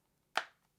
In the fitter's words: when this thing snapped on you hear the snaps on